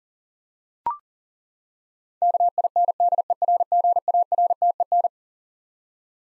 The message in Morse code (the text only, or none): KINDERGARTEN